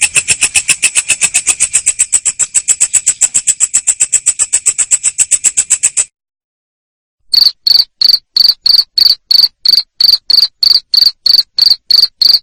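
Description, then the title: Cricket chirps start after six seconds of a faster, harsher pulsing trill and a short silence, then continue in a steady series. Loud cricket chirping used to stimulate lovebirds to keep singing in their ngekek style. "Suara JANGKRIK NGERIK Keras Bikin LOVEBIRD Jadi NGEKEK Terus Vubey"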